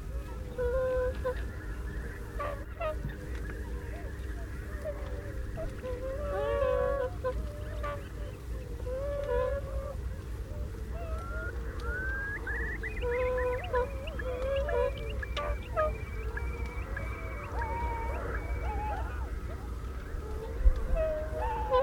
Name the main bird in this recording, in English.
Tundra Swan